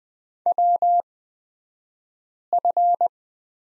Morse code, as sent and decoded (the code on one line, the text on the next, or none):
.-- ..-.
WF